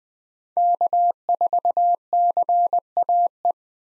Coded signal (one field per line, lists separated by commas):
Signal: Morse code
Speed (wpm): 20 wpm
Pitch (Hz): 700 Hz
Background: none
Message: K4CAE